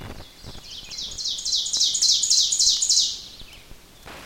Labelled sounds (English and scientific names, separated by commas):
Ovenbird (Seiurus aurocapilla) song